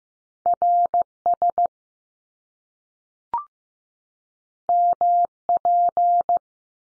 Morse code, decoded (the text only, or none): R SM P